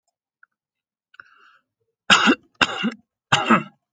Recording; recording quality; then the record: shallow voluntary cough; excellent, no background noise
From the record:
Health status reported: healthy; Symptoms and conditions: asthma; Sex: male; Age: 34 years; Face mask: not worn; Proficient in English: yes